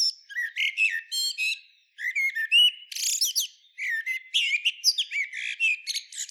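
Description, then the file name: Common blackbird producing dense high twittering mixed with thin whistles and buzzy notes, with a couple of brief pauses. "Turdus merula"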